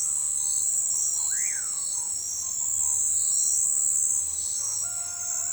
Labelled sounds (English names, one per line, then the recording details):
Common Pauraque
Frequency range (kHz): Common Pauraque 1.0-2.6 kHz
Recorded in forest near Pivijay, Magdalena, Colombia, on 16 April 2023 at 04:30
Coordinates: 10.467, -74.380
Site Z5-G034